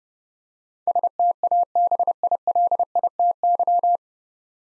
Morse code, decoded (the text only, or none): STABILITY